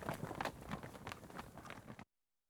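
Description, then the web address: Cattle hooves knocking on hard ground in an uneven run of footfalls that stops abruptly after about two seconds, leaving silence. Cattle passing along on tarmac. "BBC Sound Effects Library. Cattle Passing On Tarmac"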